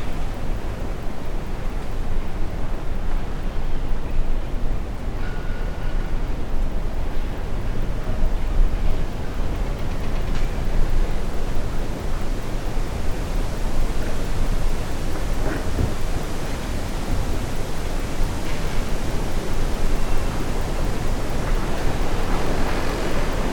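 Wind hisses steadily through trees in a dense, even rush that stays at about the same loudness for the whole stretch. The sound is mostly low and full, with a brighter airy wash above. A few faint short ticks and knocks surface briefly, around five, ten and sixteen seconds.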